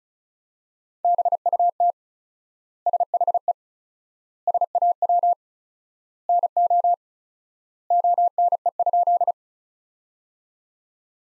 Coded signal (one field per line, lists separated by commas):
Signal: Morse code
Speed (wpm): 34 wpm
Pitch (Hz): 700 Hz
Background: none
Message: BUT SHE SAW NO ONE?